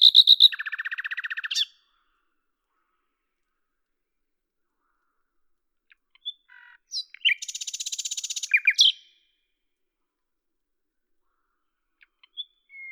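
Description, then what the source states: Common nightingale song: a loud note into a fast churring trill, a pause with faint ticks, then a buzzy high rattle ending in sharp notes. Lavours, France, 10 May 1998; recorded with a Tascam DAP-1 and a Télingua microphone, edited in Samplitude 5.1.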